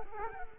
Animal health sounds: mosquito wingbeat signal from an infrared sensor; Culex quinquefasciatus

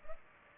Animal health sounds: mosquito wingbeat signal from an infrared sensor; Culex pipiens

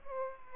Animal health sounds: mosquito wingbeat signal from an infrared sensor; Aedes aegypti

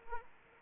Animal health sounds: mosquito wingbeat signal from an infrared sensor; Anopheles arabiensis

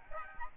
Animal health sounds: mosquito wingbeat signal from an infrared sensor; Aedes albopictus

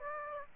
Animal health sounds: mosquito wingbeat signal from an infrared sensor; Aedes aegypti

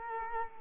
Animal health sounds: mosquito wingbeat signal from an infrared sensor; Culex quinquefasciatus

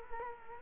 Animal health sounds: mosquito wingbeat signal from an infrared sensor; Culex quinquefasciatus

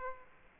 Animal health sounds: mosquito wingbeat signal from an infrared sensor; Aedes aegypti

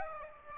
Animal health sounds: mosquito wingbeat signal from an infrared sensor; Aedes aegypti

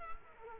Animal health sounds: mosquito wingbeat signal from an infrared sensor; Culex quinquefasciatus

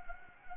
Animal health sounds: mosquito wingbeat signal from an infrared sensor; Anopheles gambiae

